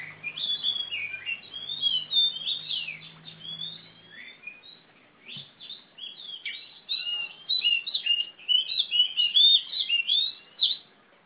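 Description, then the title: Oriental magpie-robin song: dense, fast-paced medley of chirps and slurred whistles, briefly softer midway, then building again, with a faint low hum early on. Female competition bird from East Java, national first-place champion; described as gacor (singing constantly), tarung (fighting) type, black (hitam), poci. "Kacer Juara 1 Nasional gacor kacer juara nasional jawa timur kacer tarung betina poci gacor hitam"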